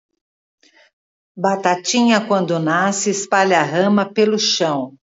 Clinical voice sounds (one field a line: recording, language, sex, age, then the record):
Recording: short text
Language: Brazilian Portuguese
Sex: female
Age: 60 to 69 years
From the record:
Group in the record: control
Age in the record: 60 years